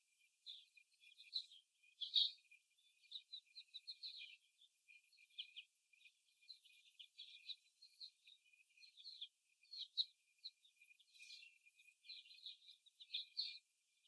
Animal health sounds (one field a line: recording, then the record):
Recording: young laying hens in a cage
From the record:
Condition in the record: before the stressor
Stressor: simulated dog barking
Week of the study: 1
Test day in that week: 1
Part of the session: 2